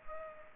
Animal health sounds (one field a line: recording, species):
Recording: mosquito wingbeat signal from an infrared sensor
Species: Culex pipiens